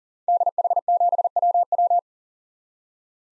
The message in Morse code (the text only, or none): DH7WW